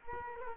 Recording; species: mosquito wingbeat signal from an infrared sensor; Culex quinquefasciatus